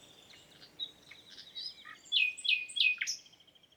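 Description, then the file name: Common nightingale singing a varied phrase of soft, scattered high notes that builds into several loud, sharply downslurred chirps near the end. "Luscinia megarhynchos"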